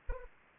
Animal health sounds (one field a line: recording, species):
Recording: mosquito wingbeat signal from an infrared sensor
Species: Anopheles arabiensis